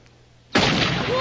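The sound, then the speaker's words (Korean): After a moment of near silence, loud gunfire suddenly erupts again, a dense, harsh burst of shots that keeps roaring without a break until the end. “그때 또 총소리.”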